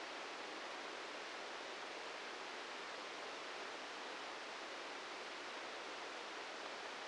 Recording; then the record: brain microelectrode recording played as sound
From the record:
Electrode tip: outside the subthalamic nucleus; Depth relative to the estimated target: 1 mm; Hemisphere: right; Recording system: NeuroSet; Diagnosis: Parkinson's disease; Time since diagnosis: 13 years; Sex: male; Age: 65 years